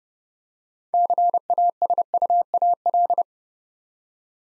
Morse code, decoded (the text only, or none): CASUAL